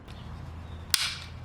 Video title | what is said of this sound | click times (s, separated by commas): How To Paint Match FORD EMBLEMS and F350 BADGES! | Hear that light little click. | 0.9 s